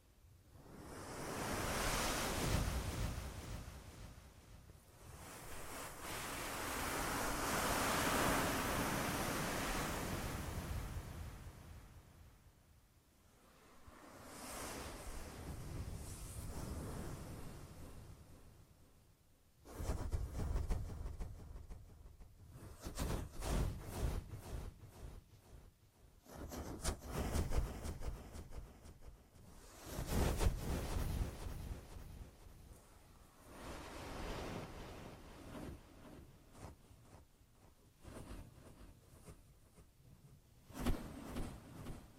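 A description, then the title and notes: Echoing ear massage: slow swelling whooshes for the first dozen seconds, then denser scratchy rubbing in bursts with brief pauses between. ASMR Echoed Triggers. Ear Massage.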